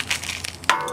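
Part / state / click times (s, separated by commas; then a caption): ball joint in steering knuckle / released / 0.7 s. A steel press-fit ball joint is pressed out of a Jeep front axle steering knuckle with a ball joint press. After some quieter creaks and ticks, it breaks loose with a sharp, loud metallic snap at 0.7 s, then a ringing tail.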